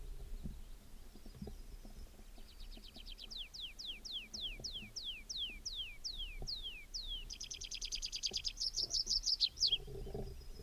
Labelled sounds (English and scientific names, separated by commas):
Tree Pipit (Anthus trivialis) song